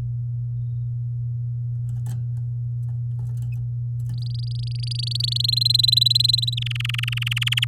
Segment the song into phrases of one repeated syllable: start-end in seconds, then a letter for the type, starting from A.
4.14-5.38 A, 5.39-6.55 B, 6.57-7.65 C